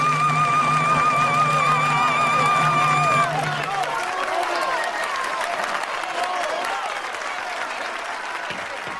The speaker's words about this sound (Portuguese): O trompetista cai exausto e há gargalhadas e aplausos gerais.